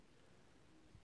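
A five-wire, color-coded plastic wiring connector for an e-bike front wheel hub motor conversion kit is handled as it is lined up by color and shape with its matching controller lead. Only a steady, low hiss of background noise is heard, with a faint low bump near 0.9 s. Nothing has seated or clicked yet.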